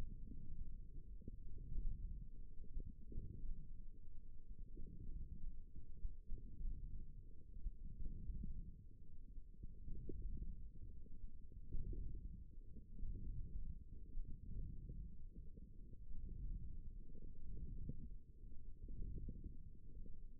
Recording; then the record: forearm muscle sounds (acoustic myography)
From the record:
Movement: forearm supination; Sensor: system 1, eight BSWA MPA416 microphones around the upper forearm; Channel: 4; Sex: female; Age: 22 years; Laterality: right